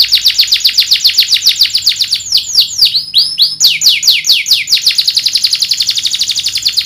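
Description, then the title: Domestic canary song, a fast run of high, sweeping trilled notes repeated several times a second, with a brief change of phrase midway. Strongly singing ('gacor') domestic canary with fine 'cengkok' song variations and luxurious 'isian' fill-ins, from Indonesian songbird-keeping (kicaumania) circles. "Kenari Gacor Cengkok Isian Paling Mewah Kenarigacor Kicaumania Kenari"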